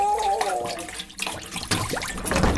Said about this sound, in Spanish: Agua, agüita, llévame del río, llévame a casita.